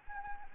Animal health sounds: mosquito wingbeat signal from an infrared sensor; Anopheles arabiensis

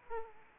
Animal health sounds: mosquito wingbeat signal from an infrared sensor; Aedes aegypti

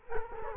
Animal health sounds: mosquito wingbeat signal from an infrared sensor; Culex quinquefasciatus

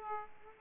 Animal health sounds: mosquito wingbeat signal from an infrared sensor; Aedes aegypti

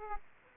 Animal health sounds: mosquito wingbeat signal from an infrared sensor; Aedes aegypti

